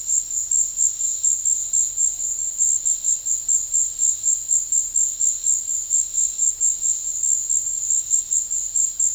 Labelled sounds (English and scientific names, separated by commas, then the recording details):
none
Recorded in secondary vegetation near Puerto Asís, Putumayo, Colombia, on 28 February 2025 at 15:00
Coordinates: 0.484, -76.319
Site G010